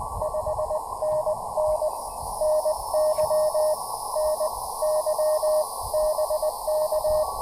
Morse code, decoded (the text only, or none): 5NN NY NY BK